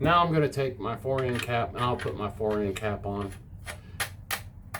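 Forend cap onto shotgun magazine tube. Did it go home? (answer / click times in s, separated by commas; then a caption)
yes / 4.0 s, 4.8 s. Someone talks as a metal forend cap is screwed onto the magazine tube of a Stoeger M3500 shotgun. Its detent gives sharp, very positive clicks at 4.0 s and 4.8 s as it is tightened down, and the cap is seated.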